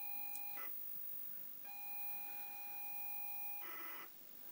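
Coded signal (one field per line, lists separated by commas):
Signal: ZX Spectrum tape loading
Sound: steady buzzy lead tone, brief harsh data screech, pause, longer lead tone, then screech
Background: room hiss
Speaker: on full on the iPad so we shall press play we have life now anybody who remembers the old spectrum will know it's quite a slow loading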